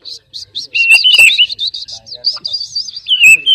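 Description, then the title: Oriental magpie-robin song: rapid repeated high chips with a lower whistled line, dense and lively, ending in a falling slurred note. "kacer"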